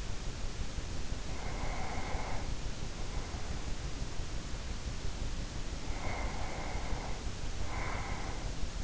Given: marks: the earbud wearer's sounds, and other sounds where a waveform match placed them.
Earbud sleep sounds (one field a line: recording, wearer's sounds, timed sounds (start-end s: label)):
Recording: sounds in sleep by an in-ear microphone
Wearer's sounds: breath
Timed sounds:
1.27-4.04 s: breath
5.85-8.84 s: breath